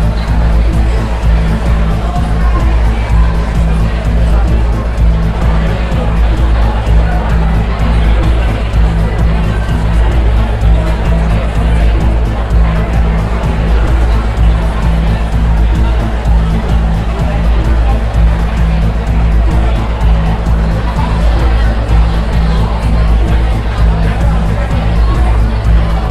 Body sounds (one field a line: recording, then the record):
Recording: background sound without coughing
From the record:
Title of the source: Party Noise 1 Hour Party Ambience